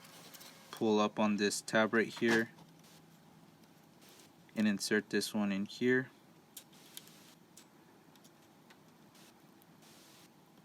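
A flat ribbon cable is handled at the connector on the monitor sub board inside a 2017–2019 Nissan Pathfinder head unit's monitor, with the connector's locking tab pulled up, during an Apple CarPlay/Android Auto install. Someone talks in two bursts, followed by a few faint, short ticks around 6.6 s, 7.0 s, 7.6 s and 9.6 s against quiet background noise. The cable has not clicked or seated into the connector yet.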